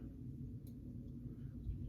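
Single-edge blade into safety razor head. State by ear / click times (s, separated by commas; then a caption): not seated / none. A single-edge blade is lined up in the head of a 1924 Ever-Ready Shovelhead safety razor so it sits behind the posts at the bottom, before the head is flipped closed. Only faint handling taps are heard, near 0.7 s and 1.9 s, over a steady low rumble. Nothing has seated or clicked yet.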